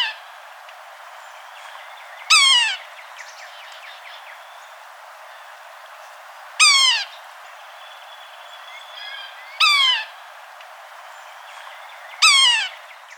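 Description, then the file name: Yellow-bellied sapsucker giving four nasal, mewing calls that slur downward, spaced a few seconds apart. "yellow-bellied sapsucker by todd wilson"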